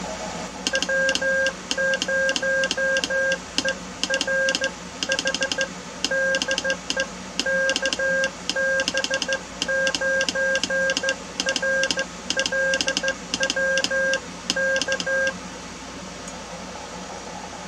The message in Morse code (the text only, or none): W0ERH DE KB9RLW K